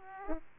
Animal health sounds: mosquito wingbeat signal from an infrared sensor; Aedes aegypti

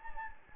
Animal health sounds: mosquito wingbeat signal from an infrared sensor; Anopheles gambiae

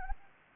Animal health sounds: mosquito wingbeat signal from an infrared sensor; Anopheles gambiae

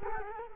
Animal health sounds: mosquito wingbeat signal from an infrared sensor; Culex quinquefasciatus

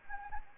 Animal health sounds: mosquito wingbeat signal from an infrared sensor; Anopheles gambiae

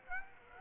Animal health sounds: mosquito wingbeat signal from an infrared sensor; Aedes aegypti

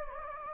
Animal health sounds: mosquito wingbeat signal from an infrared sensor; Anopheles gambiae

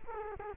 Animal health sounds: mosquito wingbeat signal from an infrared sensor; Culex quinquefasciatus

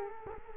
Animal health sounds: mosquito wingbeat signal from an infrared sensor; Culex quinquefasciatus

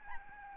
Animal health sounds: mosquito wingbeat signal from an infrared sensor; Aedes albopictus

